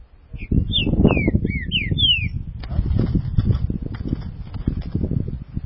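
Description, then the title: Green-winged saltator singing one phrase of rich, slurred whistles over heavy low rumbling and clattering noise, which continues after it. "Trinca Ferro"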